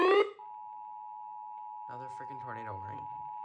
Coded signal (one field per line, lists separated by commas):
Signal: Emergency Alert System (SAME) tones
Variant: 853 and 960 Hz attention tone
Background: speech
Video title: HELENE MAKES HISTORY.. EAS Alerts from 9/26/24 to 9/27/24 (EAS #979-#1,010)